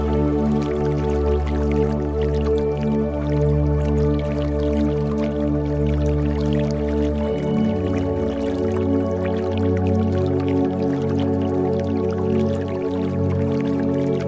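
Water runs steadily, with a deep, humming resonance underneath, like liquid filling a vessel or flowing through pipes. Around the halfway point the low tones shift and settle into a new pitch, while faint drips and splashes keep ticking through at an even loudness.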